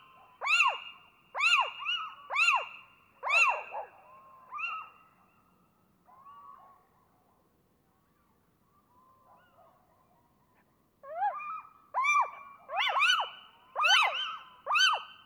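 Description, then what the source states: Little owl loud calls: a run of arched yelping notes roughly once a second, a quieter stretch of soft wavering calls, then the loud yelps resume more densely. A pair of little owls giving various loud calls while interacting with neighbours.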